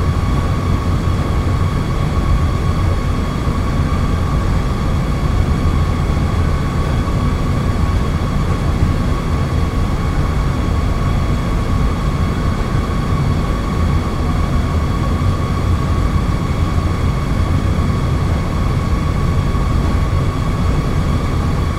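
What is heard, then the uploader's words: Gentle ambient white noise: a steady, dense low rumble like a moving train cabin, with faint constant tones humming above it throughout. Gentle Ambient White Noise.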